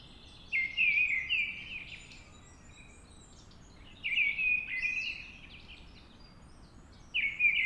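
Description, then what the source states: Mistle Thrush song: three fluty whistled phrases separated by short pauses. Singing at dawn.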